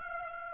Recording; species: mosquito wingbeat signal from an infrared sensor; Aedes aegypti